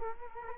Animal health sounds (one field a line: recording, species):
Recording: mosquito wingbeat signal from an infrared sensor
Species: Culex quinquefasciatus